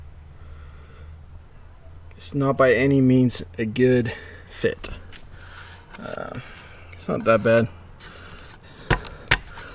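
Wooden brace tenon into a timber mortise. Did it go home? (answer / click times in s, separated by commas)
partly / 9.3 s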